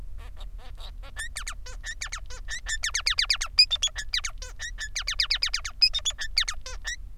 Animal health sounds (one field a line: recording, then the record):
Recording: song of a male Bengalese finch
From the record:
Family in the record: son of father 3